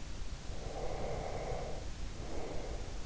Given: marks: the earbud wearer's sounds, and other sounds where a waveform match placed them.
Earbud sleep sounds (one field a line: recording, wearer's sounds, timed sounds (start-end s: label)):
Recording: sounds in sleep by an in-ear microphone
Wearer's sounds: breath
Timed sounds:
0.45-3.03 s: breath